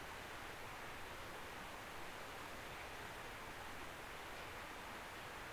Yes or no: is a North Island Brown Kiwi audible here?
no